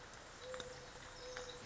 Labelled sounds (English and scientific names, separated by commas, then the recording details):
Mourning Dove (Zenaida macroura)
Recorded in Sonoma County, California